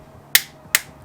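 A torque wrench set to about 19 tightens a spark plug into the cylinder head of a Nissan 350z engine. Two sharp metallic clicks ring out at 0.4 s and 0.8 s, each fading quickly against a faint low background hum. The wrench has clicked at its setting, confirming the spark plug is tight.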